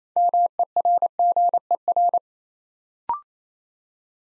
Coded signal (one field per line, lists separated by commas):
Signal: Morse code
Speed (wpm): 27 wpm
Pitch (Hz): 700 Hz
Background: none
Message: MERGER